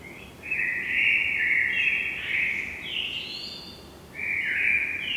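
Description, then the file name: Common blackbird singing rich, mellow warbled phrases that run together, with squeaky higher notes tacked on before a fresh phrase begins near the end. "Turdus merula"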